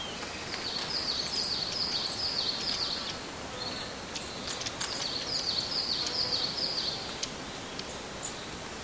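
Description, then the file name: Siberian blue robin song: two high, rapid phrases of repeated sharp notes, each lasting about two seconds with a pause between, over steady background hiss. "koruri"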